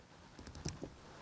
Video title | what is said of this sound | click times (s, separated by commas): NEW Accessory for Rivian R1T & R1S! Light it Up! | push it in until we hear the click. | 0.7 s